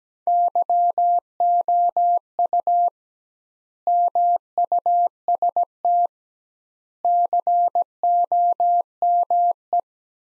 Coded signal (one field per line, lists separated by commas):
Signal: Morse code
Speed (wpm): 17 wpm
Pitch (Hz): 700 Hz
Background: none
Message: YOU MUST COME